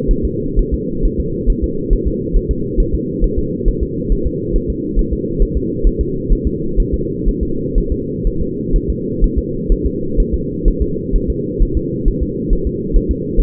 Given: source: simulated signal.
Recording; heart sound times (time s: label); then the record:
fetal heart sounds
0.11 s: S1
0.25 s: S2
0.59 s: S1
0.74 s: S2
1.05 s: S1
1.20 s: S2
1.50 s: S1
1.64 s: S2
1.93 s: S1
2.08 s: S2
2.37 s: S1
2.51 s: S2
2.80 s: S1
2.95 s: S2
3.24 s: S1
3.39 s: S2
3.68 s: S1
3.83 s: S2
4.12 s: S1
4.27 s: S2
4.56 s: S1
4.70 s: S2
4.99 s: S1
5.13 s: S2
5.42 s: S1
5.57 s: S2
5.87 s: S1
6.01 s: S2
6.32 s: S1
6.47 s: S2
6.80 s: S1
6.94 s: S2
7.29 s: S1
7.43 s: S2
7.78 s: S1
7.92 s: S2
8.27 s: S1
8.42 s: S2
8.76 s: S1
8.90 s: S2
9.24 s: S1
9.38 s: S2
9.72 s: S1
9.86 s: S2
10.20 s: S1
10.34 s: S2
10.68 s: S1
10.82 s: S2
11.16 s: S1
11.30 s: S2
11.62 s: S1
11.77 s: S2
12.08 s: S1
12.23 s: S2
12.53 s: S1
12.67 s: S2
12.96 s: S1
13.11 s: S2
13.40 s: S1
From the record:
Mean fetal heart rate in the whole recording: 130 bpm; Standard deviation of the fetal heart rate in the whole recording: 4 bpm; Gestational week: 38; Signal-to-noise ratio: -6.6 dB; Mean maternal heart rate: 72 bpm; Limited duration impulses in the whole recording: present